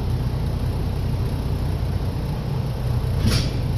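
A tractor backs toward a trailer to couple its steel fifth-wheel jaws onto the trailer kingpin, with a steady low engine rumble throughout and a brief brighter burst around 3.3 s. Nothing has seated or clicked yet.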